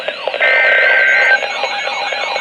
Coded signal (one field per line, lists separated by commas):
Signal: Emergency Alert System (SAME) tones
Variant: header bursts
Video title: YET ANOTHER CONFIRMED TORNADO... | EAS Alerts from 8/18/23 Severe Weather Event (EAS #600-634)